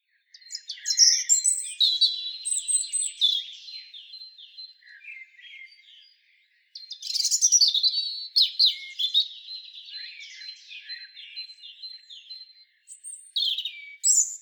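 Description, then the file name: European robin song: varied high, liquid warbles and trills in separate phrases, each starting loud and fading softer, with short silences between phrases. "Erithacus rubecula"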